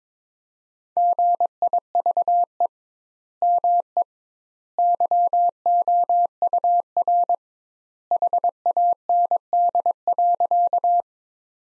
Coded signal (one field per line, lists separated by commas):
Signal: Morse code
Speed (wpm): 22 wpm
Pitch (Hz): 700 Hz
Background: none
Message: GIVE ME YOUR HAND.